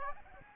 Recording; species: mosquito wingbeat signal from an infrared sensor; Aedes aegypti